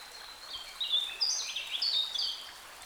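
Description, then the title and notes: Bird song as a rapid, continuous warble of high, sliding notes, rising and falling in quick phrases, loud and clear. Wild birds in forest along a small branch of the Dordogne at the exit of Carennac, France; recorded with a Zoom H5 and XYH-5 microphone. "Carennac - Oiseaux de la Dordogne. Oiseaux Loire forêt Carennac. A la sortie de Carennac, le long d'un petit bras de la Dordogne, les oiseaux dans la forêt"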